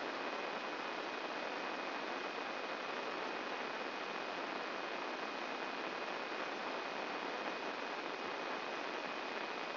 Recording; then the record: brain microelectrode recording played as sound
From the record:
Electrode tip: inside the subthalamic nucleus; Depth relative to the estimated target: 1.5 mm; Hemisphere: right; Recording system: AlphaMap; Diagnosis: Parkinson's disease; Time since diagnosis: 9 years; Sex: male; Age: 66 years